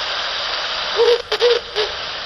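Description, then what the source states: Ural owl giving two short, level hoots over a constant background hiss. Male and female, recorded 18 March 2004.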